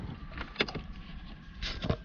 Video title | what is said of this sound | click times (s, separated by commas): Installing BIG Android 9.0 Infotainment Screen into Lexus RCF w/ CarPlay - Detailed DIY Guide | hear it click | 0.6 s